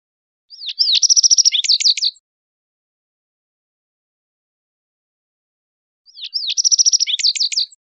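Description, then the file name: Yellow-eyed junco song phrases, high and bright: a short rapid trill followed by quick sweeping notes, given twice about five seconds apart, with silence between. Recorded in Costa Rica. "CR YEJU"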